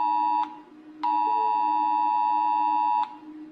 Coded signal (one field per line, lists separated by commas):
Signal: Emergency Alert System (SAME) tones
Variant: 853 and 960 Hz attention tone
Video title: The Ultimate Rating of eas alarms